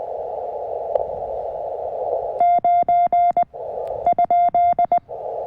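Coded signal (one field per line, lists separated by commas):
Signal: Morse code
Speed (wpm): 20 wpm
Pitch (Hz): 2100 Hz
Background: none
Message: 9 ?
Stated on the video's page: QRP CW Parks on the Air activation with a CFT1 CW-only transceiver, Packtenna random wire antenna and MFJ manual tuner.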